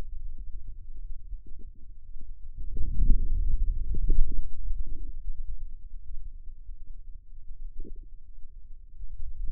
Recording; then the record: forearm muscle sounds (acoustic myography)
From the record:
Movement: outward rotation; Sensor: system 2, bracelet of six BSWA MPA416 microphones around the upper forearm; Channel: 3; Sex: male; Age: 22 years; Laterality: right